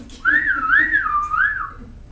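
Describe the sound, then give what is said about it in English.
A person whistles a single clear tone that rises and falls in a smooth, wavering pattern for about a second and a half, fairly loud, with no talking. “And then this is whistle.”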